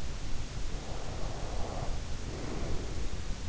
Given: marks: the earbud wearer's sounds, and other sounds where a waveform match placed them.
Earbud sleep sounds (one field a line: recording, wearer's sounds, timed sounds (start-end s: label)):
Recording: sounds in sleep by an in-ear microphone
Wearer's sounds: breath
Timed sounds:
0.67-3.07 s: breath